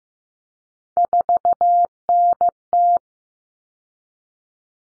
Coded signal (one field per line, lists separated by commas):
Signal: Morse code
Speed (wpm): 15 wpm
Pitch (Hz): 700 Hz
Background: none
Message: 4NT